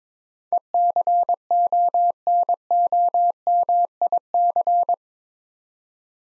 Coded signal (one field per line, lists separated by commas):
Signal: Morse code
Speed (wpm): 22 wpm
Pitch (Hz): 700 Hz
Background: none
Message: ECONOMIC